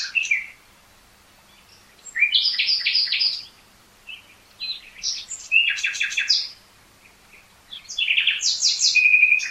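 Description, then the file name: Common nightingale song: a string of varied phrases of sharp, rapidly repeated chirps and rattles, separated by brief pauses. "Luscinia megarhynchos"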